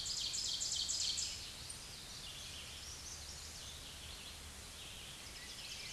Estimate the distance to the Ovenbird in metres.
about 45 m